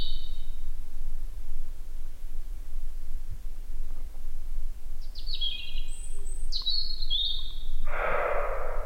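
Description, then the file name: European robin with a short high note, then several thin sliding, trilled phrases later on, ending as a loud burst of broad rushing noise arrives. "Erithacus rubecula"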